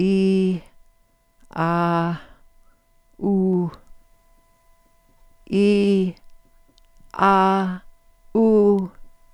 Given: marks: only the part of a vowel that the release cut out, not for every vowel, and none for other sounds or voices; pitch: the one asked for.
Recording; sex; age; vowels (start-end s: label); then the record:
sustained vowels; female; 80 to 89 years
0.00-0.52 s: vowel /i/, normal pitch
1.60-2.11 s: vowel /a/, normal pitch
3.26-3.64 s: vowel /u/, normal pitch
5.54-6.05 s: vowel /i/, high pitch
8.36-8.77 s: vowel /u/, high pitch
From the record:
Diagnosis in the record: presbyphonia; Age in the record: 87 years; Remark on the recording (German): Alle u's zu kurz, also un, uh, ul, um. Trotzdem alle gelabelt, so, wie sie realisiert wurden.